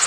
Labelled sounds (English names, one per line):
Connecticut Warbler flight call